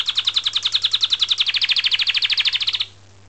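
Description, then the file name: Canary song: a rapid trill of many similar notes, bright and high-pitched, lasting nearly three seconds before stopping abruptly. "Canto-do-canário"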